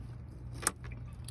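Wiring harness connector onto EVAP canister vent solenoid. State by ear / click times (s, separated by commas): seated / 0.7 s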